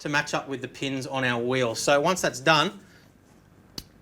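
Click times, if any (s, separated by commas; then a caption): 3.8 s. A sim racing steering wheel, lined up with the pins, is pushed onto the quick-release hub of a Simagic M10 direct drive wheelbase while someone talks. After the talking stops, a single sharp, solid click at 3.8 s marks the wheel latching on and seating firmly.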